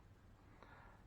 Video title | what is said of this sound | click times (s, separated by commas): Piston Rings. | and I'm going to let it pop into place | 0.6 s